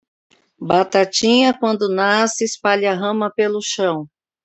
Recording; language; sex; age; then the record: short text; Brazilian Portuguese; female; 40 to 49 years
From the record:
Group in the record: control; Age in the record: 49 years